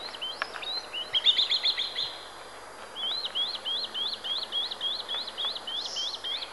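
Swallow-tailed kite giving a fast series of high, sharp, whistled notes that repeat several times a second, with a brief excited chatter near the start.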